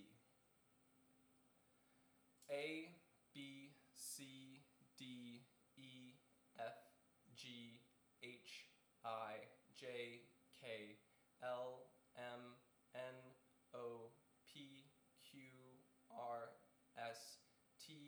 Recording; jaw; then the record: letters of the alphabet, spoken; free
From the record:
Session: seven days later